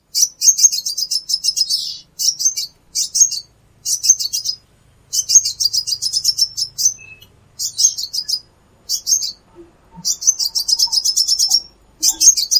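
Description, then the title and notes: Plain-throated sunbird song: a long series of shrill, rapid twittered phrases, some brief and clipped, others extended trills, with short pauses between them. Singing vigorously (gacor). "Kolibri Kelapa"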